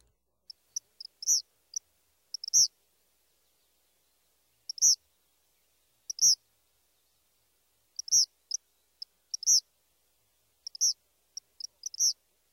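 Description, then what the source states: Eastern Kingbird song of short, high, sharp spark-like notes, stuttered and accented, given in clusters at short intervals with brief ticking notes between. Male's song of variable high-pitched notes likened to electrical sparks jumping between two wires, with a stuttered quality and punctuated accents.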